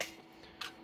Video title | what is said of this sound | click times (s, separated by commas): Micro Roni vs MCK which is better??? | it's clicked it's held in place up here | 0.0 s